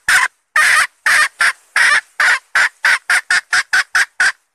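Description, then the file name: Red junglefowl hen uttering a long series of loud, harsh clucks that quickens, notes growing shorter and closer together. Female red junglefowl (hen) calling to find a mate. "tieng ga rung mai keu tim kiem ban tinh"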